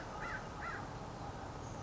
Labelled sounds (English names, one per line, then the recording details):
American Crow
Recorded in Sonoma County, California